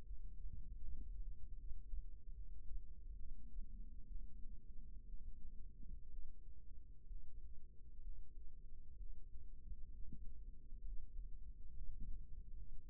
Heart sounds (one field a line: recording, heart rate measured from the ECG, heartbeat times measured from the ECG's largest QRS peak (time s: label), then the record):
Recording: heart sounds by microphone in the right ear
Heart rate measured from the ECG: 67 bpm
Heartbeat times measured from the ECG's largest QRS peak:
0.03 s: heartbeat
0.79 s: heartbeat
1.56 s: heartbeat
2.33 s: heartbeat
3.15 s: heartbeat
4.06 s: heartbeat
5.05 s: heartbeat
6.09 s: heartbeat
7.06 s: heartbeat
8.00 s: heartbeat
8.96 s: heartbeat
9.91 s: heartbeat
10.82 s: heartbeat
11.72 s: heartbeat
12.55 s: heartbeat
From the record:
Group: healthy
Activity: cold pressor test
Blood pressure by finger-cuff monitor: 136/64 mmHg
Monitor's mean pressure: 88 mmHg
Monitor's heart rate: 66 bpm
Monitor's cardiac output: 6.7 L/min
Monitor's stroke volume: 99 mL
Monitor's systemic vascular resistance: 960 dyn s/cm5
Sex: female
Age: 37 years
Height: 168 cm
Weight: 70 kg